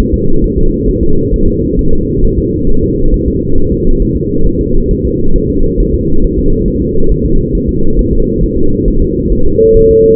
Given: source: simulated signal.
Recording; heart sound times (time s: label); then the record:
fetal heart sounds
0.00 s: S1
0.14 s: S2
0.44 s: S1
0.58 s: S2
0.89 s: S1
1.03 s: S2
1.34 s: S1
1.48 s: S2
1.79 s: S1
1.93 s: S2
2.24 s: S1
2.38 s: S2
2.69 s: S1
2.84 s: S2
3.14 s: S1
3.28 s: S2
3.58 s: S1
3.72 s: S2
4.02 s: S1
4.16 s: S2
4.47 s: S1
4.61 s: S2
4.91 s: S1
5.05 s: S2
5.36 s: S1
5.50 s: S2
5.80 s: S1
5.94 s: S2
6.24 s: S1
6.38 s: S2
6.68 s: S1
6.82 s: S2
7.11 s: S1
7.26 s: S2
7.55 s: S1
7.69 s: S2
7.99 s: S1
8.13 s: S2
8.43 s: S1
8.58 s: S2
8.88 s: S1
9.02 s: S2
9.33 s: S1
9.47 s: S2
9.77 s: S1
9.91 s: S2
From the record:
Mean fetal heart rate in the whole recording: 135 bpm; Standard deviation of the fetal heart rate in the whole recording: 3 bpm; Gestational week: 36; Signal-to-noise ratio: -19.1 dB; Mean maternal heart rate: 72 bpm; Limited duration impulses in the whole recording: present